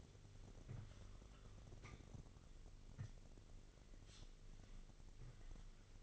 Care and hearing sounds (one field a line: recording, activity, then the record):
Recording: daily activity, microphone in the room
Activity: wipe stove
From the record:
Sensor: 4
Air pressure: 1002.4 hPa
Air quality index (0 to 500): 216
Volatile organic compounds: 12 ppm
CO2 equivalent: 2334 ppm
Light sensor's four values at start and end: 19/67/24/24 and 19/67/24/24